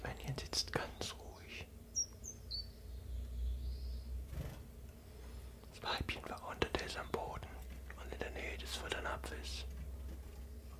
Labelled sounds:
Common Chiffchaff

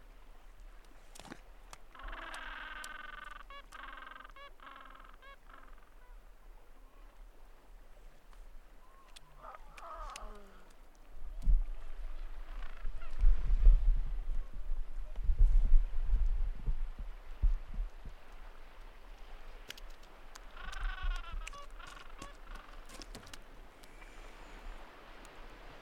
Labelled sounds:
Gentoo Penguin call

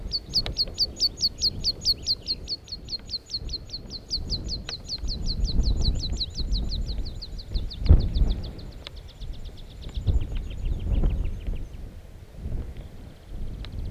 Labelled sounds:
Meadow Pipit

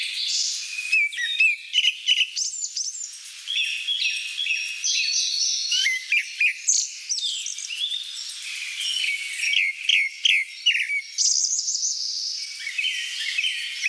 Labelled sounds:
Grey-backed Thrush song

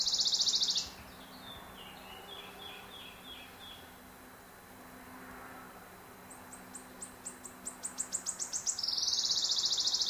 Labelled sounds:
Western Bonelli's Warbler song

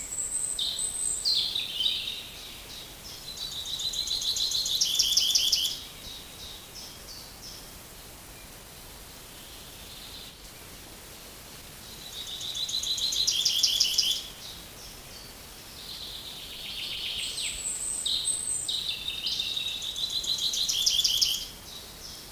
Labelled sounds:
Common Chaffinch

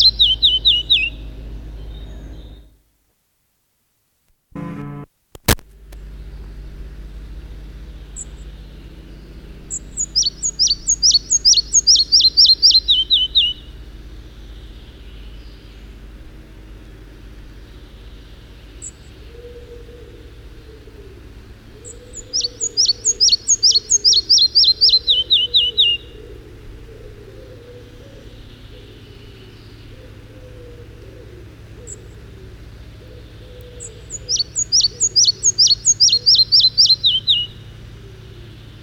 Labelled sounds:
Red-breasted Flycatcher song

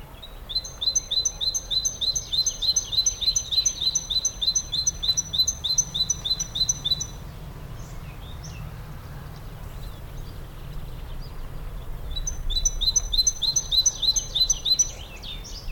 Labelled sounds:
Great Tit call

